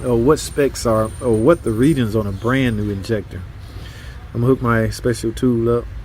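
Someone talks while getting ready to hook a homemade test-tool connector onto a brand-new Mopar fuel injector. The connector has not clicked or seated onto the injector yet by the end of the clip.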